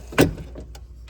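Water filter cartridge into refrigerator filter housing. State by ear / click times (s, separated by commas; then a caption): seated / 0.2 s. A water filter cartridge is twisted to lock into the filter housing of a Whirlpool WRMF3636RV00 refrigerator after being pushed in. A sharp click sounds at 0.2 s, followed by two faint ticks at 0.8 s and 1.1 s. The arrow on the filter moves from the bottom to the top, and the filter is seated and locked.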